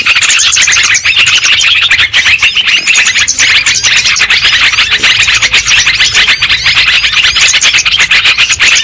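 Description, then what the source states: Lovebird flock chatter, an unbroken mass of high, squeaky chirps and scratchy twitters overlapping from many birds at once. Lure sound used for trapping birds.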